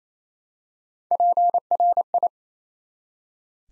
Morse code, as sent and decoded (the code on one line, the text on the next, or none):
.--. .-. ..
PRI